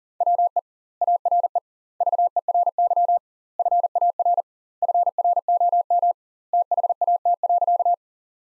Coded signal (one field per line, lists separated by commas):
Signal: Morse code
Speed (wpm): 37 wpm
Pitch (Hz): 700 Hz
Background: none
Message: WE ARE VERY FAR FROM THAT.